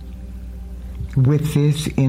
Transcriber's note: breaths